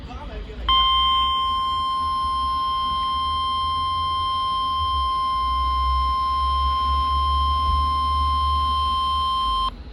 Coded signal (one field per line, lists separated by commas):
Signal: Emergency Alert System (SAME) tones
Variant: 1050 Hz attention tone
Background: speech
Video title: Weekly Tests & A Few Civil Alerts (EAS #1418-#1427)